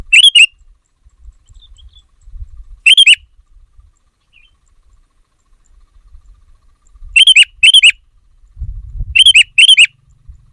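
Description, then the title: Sooty-headed bulbul giving sparse short phrases of bright notes, some doubled, with low rumbling noise between them. "kutilang"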